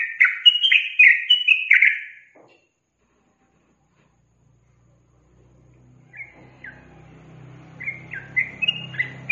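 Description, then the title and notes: Yellow-vented bulbul song: a burst of rich slurred notes for two seconds, a pause of silence, then a low hum rises and chattering notes resume. Trucukan song with 'tembakan' and 'ropel' styles; used as a master for training captive birds. "MASTERAN Trucukan Tembakan Dan Ropel. BURUNG TRUCUKAN"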